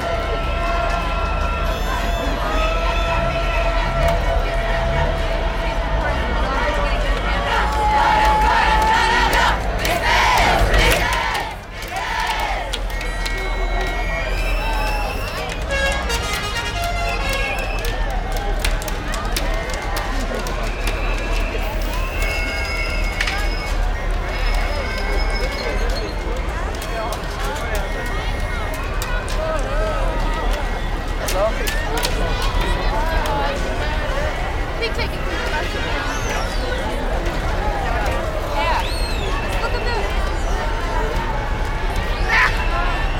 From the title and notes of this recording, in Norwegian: Lyden av russetog på Karl Johan. Russerop, tuting, musikk.